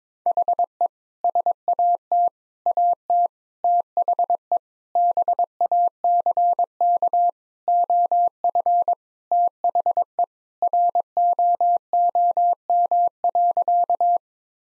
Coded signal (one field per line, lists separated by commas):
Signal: Morse code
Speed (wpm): 22 wpm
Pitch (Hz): 700 Hz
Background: none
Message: HE SAT AT THE BACK OF THE ROOM.